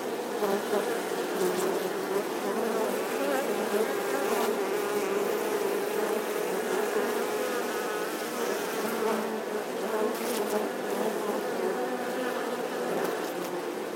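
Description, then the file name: Wasp: continuous swarm buzzing from many wasps, a thick steady drone. Wasp swarm buzzing outside the nest. "Tieng bay ong vo ve ngoai to"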